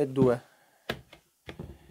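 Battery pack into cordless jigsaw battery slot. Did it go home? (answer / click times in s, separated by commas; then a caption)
partly / 0.9 s, 1.5 s. Someone talks briefly, then a second battery pack is pushed into the other battery slot of a Parkside Performance 40V PPSSA 40-Li A1 cordless jigsaw, with sharp clicks at 0.9 s and 1.5 s and softer rattles after each. The pack locks but is not fully seated, and the red button does not pop out all the way, which happens only with the Smart batteries.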